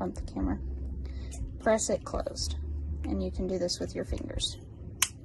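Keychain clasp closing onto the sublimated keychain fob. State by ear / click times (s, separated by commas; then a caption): seated / 5.0 s. A metal keychain clasp is pressed closed by hand onto a sublimated keychain fob after the fob has been looped through it. Someone talks throughout, and the clasp snaps shut with a sharp click at 5.0 s, closing it in place.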